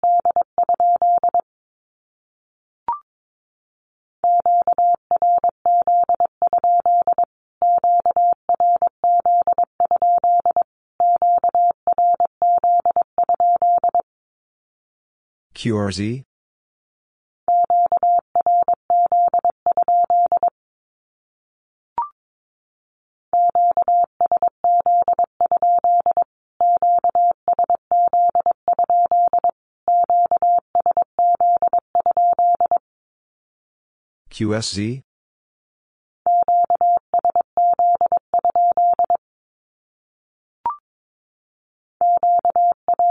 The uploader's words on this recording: Q-Codes Repeated 3x 22wpm. First, the Q-code is sent in Morse code three times as either a statement or a question. Finally, it is sent again in Morse code.